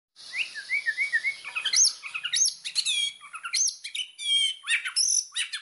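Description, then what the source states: White-rumped shama song: soft low warbling notes building into sharp high whistled sweeps and bright descending chirps, delivered in quick varied phrases. Song used as a lure to provoke a strong response; described as gacor, meaning singing loudly and continuously.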